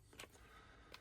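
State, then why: Not seated. Someone presses the safety button and pulls the plastic trigger on the handle of a cordless power tool, trying different combinations to lock the trigger on. Two brief, sharp sounds come at about 0.2 and 0.9 seconds over a low background rumble. The trigger springs back out each time and nothing has latched or locked in.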